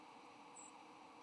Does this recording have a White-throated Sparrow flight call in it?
no